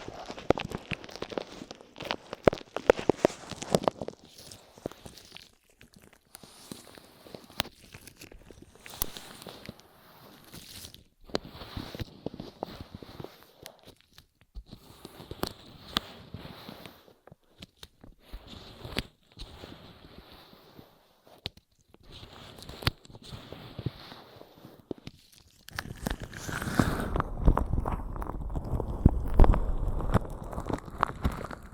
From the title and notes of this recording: ASMR 10 Ear Massages for Sleep (No Talking).